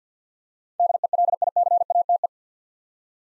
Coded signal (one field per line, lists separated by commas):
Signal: Morse code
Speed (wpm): 48 wpm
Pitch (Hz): 700 Hz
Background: none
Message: DELICATE